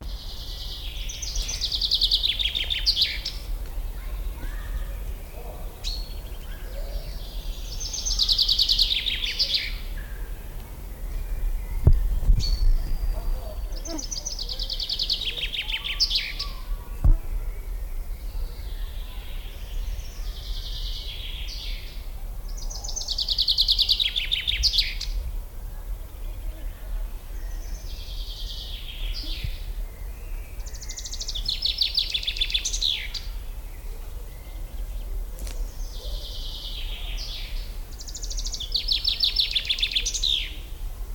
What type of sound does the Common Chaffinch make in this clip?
song